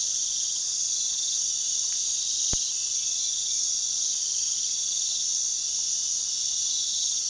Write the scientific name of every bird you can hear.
none